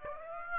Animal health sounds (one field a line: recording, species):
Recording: mosquito wingbeat signal from an infrared sensor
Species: Aedes aegypti